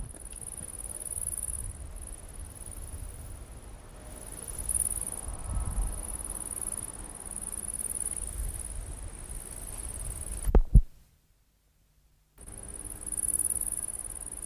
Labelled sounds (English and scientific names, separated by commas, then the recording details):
Great Green Bush-cricket (Tettigonia viridissima) stridulation
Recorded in the wild
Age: imago
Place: Rappelsdorf (b. Schleusingen), Thüringen, DE
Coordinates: 50.5, 10.7167
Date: 1987-08-22 17:05
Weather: sunny, ca. 25°C
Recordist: Tembrock, Günter
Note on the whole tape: Nahe am Waldrand, unten geht die Straße nach Themar. Stridulation